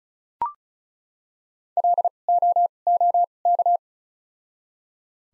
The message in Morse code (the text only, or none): L O O K